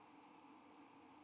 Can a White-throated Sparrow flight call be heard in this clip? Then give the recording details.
yes. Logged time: 08:10 on 5 December 2014